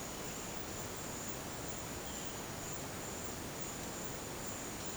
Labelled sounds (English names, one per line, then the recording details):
none
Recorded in dense forest near Puerto Asís, Putumayo, Colombia, on 23 June 2025 at 12:00
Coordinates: 0.484, -76.317
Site G045